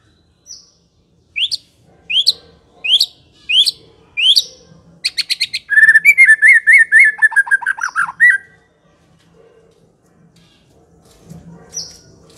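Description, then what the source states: White-rumped shama song: a series of sharp rising whistled notes, then a fast rattling trill of chirps, followed by quiet. Long-duration lure (pikat) used to attract the birds.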